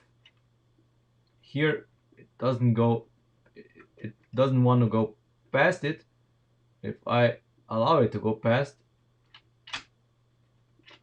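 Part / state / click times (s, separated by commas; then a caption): Lego hood latch into the hood catch of the car model / not seated / none. Someone talks while moving the plastic hood latch of a Lego Dodge Charger car model past the hood catch, with a steady low hum and a few faint ticks and taps underneath. The latch goes past the catch but does not catch, so nothing has latched or clicked into place.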